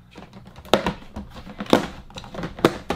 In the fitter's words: you'll hear a click right here